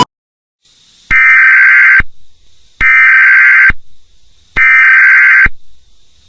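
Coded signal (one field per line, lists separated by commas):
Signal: Emergency Alert System (SAME) tones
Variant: header bursts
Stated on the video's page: Fictional simulated severe blizzard warning scenario, not a real alert.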